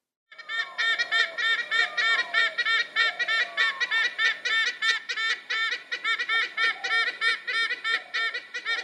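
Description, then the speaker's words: White-bellied Sea Eagle calling, a fast, steady series of loud honking, goose-like notes, with softer lower slurred calls beneath. Played as the call of Umanjin, the white-bellied sea eagle, a totem of the Kombu Mary people. "that is the call of Umanjin, the huge white-bellied sea eagle, a totem of the Kombu Mary people."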